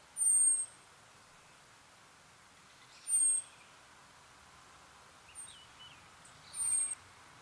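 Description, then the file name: Common blackbird giving thin, high drawn-out whistles that fall slightly, four in all, irregularly spaced, with a few faint softer notes in between. "Turdus merula"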